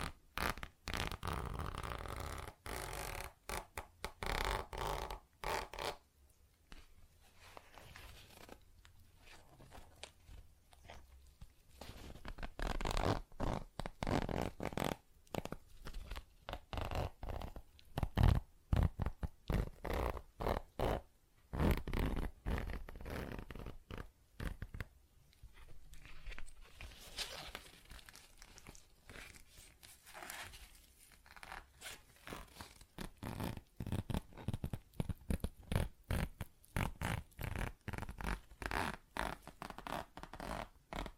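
ASMR tapping, scratching and zipper sounds: rapid, crisp strokes and clicks come in dense runs for the full length, bright and rasping like a zipper being pulled. Brief quieter pauses fall around 6 and 22 seconds before busy bursts resume.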